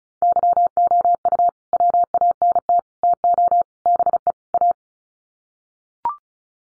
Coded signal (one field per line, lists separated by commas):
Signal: Morse code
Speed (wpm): 34 wpm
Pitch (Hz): 700 Hz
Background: none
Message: YOU WANT TO BE A